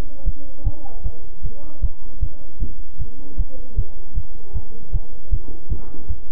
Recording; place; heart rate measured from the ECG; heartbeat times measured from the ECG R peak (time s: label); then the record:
heart sounds by stethoscope; between the tricuspid and mitral areas; 154 bpm
0.24 s: heartbeat
0.63 s: heartbeat
1.02 s: heartbeat
1.41 s: heartbeat
1.80 s: heartbeat
2.19 s: heartbeat
2.59 s: heartbeat
2.97 s: heartbeat
3.36 s: heartbeat
3.75 s: heartbeat
4.14 s: heartbeat
4.53 s: heartbeat
4.91 s: heartbeat
5.30 s: heartbeat
5.68 s: heartbeat
6.07 s: heartbeat
From the record:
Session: bicycle stress test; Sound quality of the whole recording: good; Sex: male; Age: 26 years